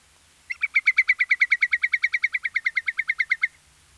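Whimbrel giving a rapid trilled call, a fast run of many even whistled notes over about three seconds, steady in pitch, in quiet surroundings.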